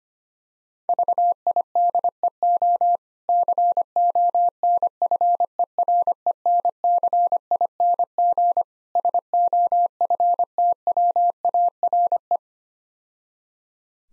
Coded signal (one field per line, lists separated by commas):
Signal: Morse code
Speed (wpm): 25 wpm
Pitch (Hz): 700 Hz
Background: none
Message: VIDEO CONFERENCING SOFTWARE